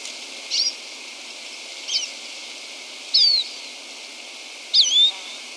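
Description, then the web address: Andean siskin calls, four separate high twisting whistled notes, each under half a second, spaced about one to one and a half seconds apart. Recorded in Ecuador. "Birds of Ecuador. Andean Siskin"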